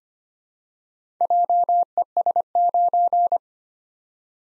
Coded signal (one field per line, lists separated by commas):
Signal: Morse code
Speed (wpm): 25 wpm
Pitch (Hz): 700 Hz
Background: none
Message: JES9